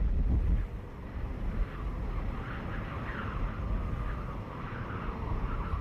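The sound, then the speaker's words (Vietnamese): Cold wind howls steadily with a deep rumble underneath and wavering, whistling tones rising and falling above it, continuous and fairly loud throughout, with no voices. “Gió thổi vù vù bên tai, lạnh tới mức khiến nàng run lẩy bẩy.”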